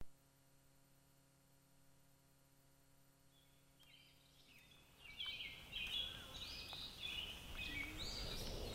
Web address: Sounds of Nature Robins